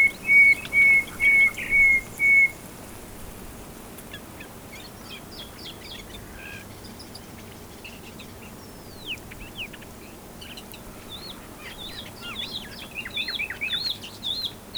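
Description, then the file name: Common nightingale song opening with six loud, evenly spaced pure whistles on one pitch, followed by quieter varied chirps, slurs and short trills. "Luscinia megarhynchos"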